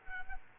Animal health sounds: mosquito wingbeat signal from an infrared sensor; Culex quinquefasciatus

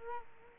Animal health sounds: mosquito wingbeat signal from an infrared sensor; Culex quinquefasciatus

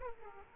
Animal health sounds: mosquito wingbeat signal from an infrared sensor; Aedes aegypti

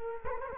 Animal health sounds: mosquito wingbeat signal from an infrared sensor; Culex quinquefasciatus

